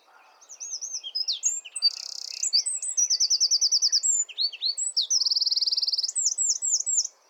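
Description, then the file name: Eurasian wren song: a long, energetic stream of piercing high notes with three rapid machine-gun trills, ending abruptly. "Troglodytes troglodytes"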